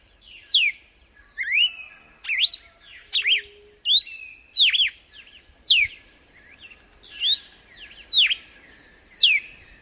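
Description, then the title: Red-cowled cardinal song: clear whistled notes that swoop up and down sharply, given in short phrases in a steady series, over a faint steady high background tone. Female singing in nature; 'açoite escorrido' song type. "Canto Galo Campina Fêmea. Galo de Campina açoite escorrido na natureza"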